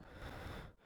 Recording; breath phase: one breath near a microphone; exhalation